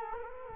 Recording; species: mosquito wingbeat signal from an infrared sensor; Culex quinquefasciatus